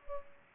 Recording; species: mosquito wingbeat signal from an infrared sensor; Culex pipiens